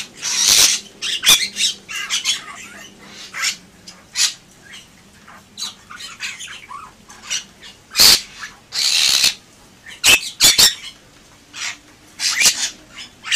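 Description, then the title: Bali myna giving harsh squawks, clicks and buzzy chatter in irregular bursts. "Jalak Bali"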